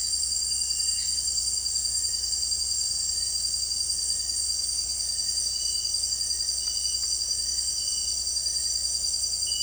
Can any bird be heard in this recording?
yes